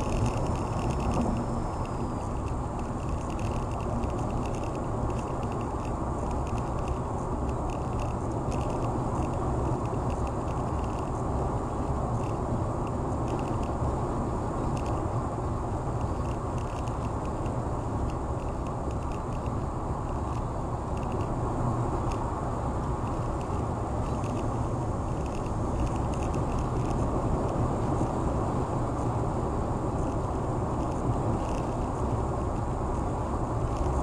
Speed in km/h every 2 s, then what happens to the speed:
106, 108, 109, 109, 111, 111, 111, 111, 111, 111, 113, 113, 111, 111, 111, 111, 111.
0-34 steady at about 111.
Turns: none.